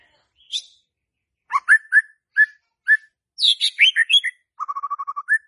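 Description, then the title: White-rumped shama song: varied whistled notes, a run of clear repeated phrases, then a quick even trill ending in an upslurred whistle. Lure song played to provoke stressed, stuck (non-singing) birds into singing. "PANCINGAN Murai Batu STRES & MACET"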